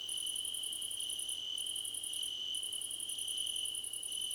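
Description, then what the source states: Cricket chorus: a steady high trill and quick runs of bright pulsed chirps, broken by two short gaps. Crickets in a chorus described as a choir competition.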